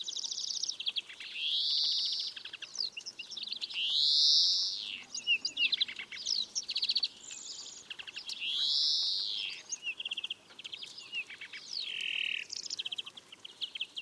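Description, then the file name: European greenfinch song with several loud, drawn-out buzzy wheezes, separated by quick chirping trills and twitters. "Chloris chloris"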